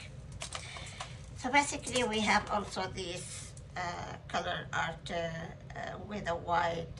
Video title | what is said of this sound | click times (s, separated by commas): 202- Prizm Pour Paints: Are they ready to pour? What are they?. | this one has to be really locked you know you hear the click | 0.4 s, 0.6 s